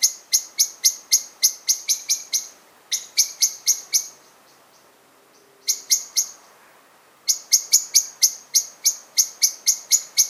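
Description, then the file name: Common blackbird chinking insistently: bursts of sharp, high clicks roughly four per second, broken by short pauses. "Turdus merula"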